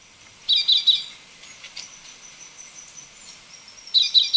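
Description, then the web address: Orange-bellied euphonia song: short bursts of high, buzzy, chattering notes at the start and again near the end, with a thin steady whistle in between. Ecuador. "Natures Songs S America Birds of Ecuador Orange-bellied Euphonia"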